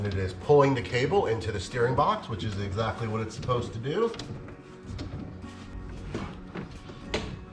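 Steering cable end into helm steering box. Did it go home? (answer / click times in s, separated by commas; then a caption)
yes / 7.1 s. Someone talks while turning the steering wheel counterclockwise on an NFB Safe-T II outboard steering system in a jon boat side console, drawing the metal end of the boat steering cable into the helm steering box. After a few quieter mechanical sounds, a sharp click at 7.1 s marks the cable end locking into place, fully seated in the steering box.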